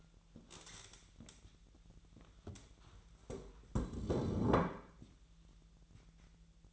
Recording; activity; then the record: daily activity, microphone in the room; stand up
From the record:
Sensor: 3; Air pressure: 1001.9 hPa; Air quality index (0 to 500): 249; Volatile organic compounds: 133 ppm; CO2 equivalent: 3941 ppm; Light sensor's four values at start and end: 8/20/8/9 and 10/23/10/10